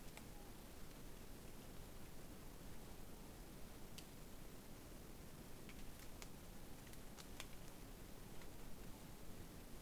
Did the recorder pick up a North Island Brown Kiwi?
no